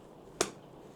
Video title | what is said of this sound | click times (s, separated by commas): Grams28 154 City Pack: Unboxing + What I Carry to Work on the Go | satisfying snap there. | 0.4 s